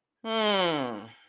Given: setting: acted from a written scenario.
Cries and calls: vocal sound without words; disappointment

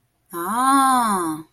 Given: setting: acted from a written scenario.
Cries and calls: vocal sound without words; realization

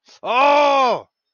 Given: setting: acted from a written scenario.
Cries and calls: vocal sound without words; pain

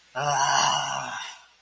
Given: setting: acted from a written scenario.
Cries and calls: vocal sound without words; anger

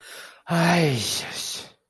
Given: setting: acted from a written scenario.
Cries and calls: vocal sound without words; disappointment

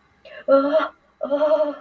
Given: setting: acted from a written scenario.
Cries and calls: vocal sound without words; fear

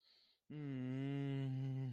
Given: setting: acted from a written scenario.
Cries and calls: vocal sound without words; distress

